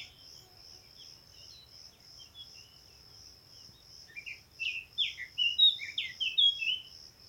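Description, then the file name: Eurasian blackcap gives one warbled phrase of slurred notes in the second half, after a quiet start. "Sylvia atricapilla"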